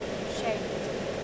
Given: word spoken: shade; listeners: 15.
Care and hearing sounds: one English word in noise, from a listening test; speech-shaped noise; -4.3 dB; 3 of 15; 7 of 15; 0.84 s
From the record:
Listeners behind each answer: 7, 3, 3, 1, 1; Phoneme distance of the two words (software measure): 17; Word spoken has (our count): 1 syllable, 3 phonemes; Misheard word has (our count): 1 syllable, 4 phonemes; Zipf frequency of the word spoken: 3.98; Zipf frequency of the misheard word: 3.16

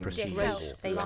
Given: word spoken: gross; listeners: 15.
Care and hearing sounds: one English word in noise, from a listening test; four-talker babble; -2.2 dB; 0 of 15; 7 of 15; 0.66 s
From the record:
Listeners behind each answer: 7, 1, 1, 1, 1, 1, 1, 1, 1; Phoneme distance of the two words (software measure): 37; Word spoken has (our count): 1 syllable, 4 phonemes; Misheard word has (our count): 1 syllable, 3 phonemes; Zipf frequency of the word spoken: 4.04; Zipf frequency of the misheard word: 4.94

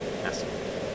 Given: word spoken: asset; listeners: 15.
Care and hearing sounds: one English word in noise, from a listening test; speech-shaped noise; -6.2 dB; 1 of 15; 6 of 15; 0.55 s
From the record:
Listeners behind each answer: 6, 3, 2, 1, 1, 1, 1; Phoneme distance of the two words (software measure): 20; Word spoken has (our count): 2 syllables, 4 phonemes, stress on syllable 1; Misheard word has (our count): 2 syllables, 4 phonemes, stress on syllable 1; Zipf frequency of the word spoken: 3.82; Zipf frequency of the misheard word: 4.01

